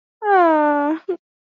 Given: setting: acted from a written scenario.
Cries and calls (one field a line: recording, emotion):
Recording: vocal sound without words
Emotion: adoration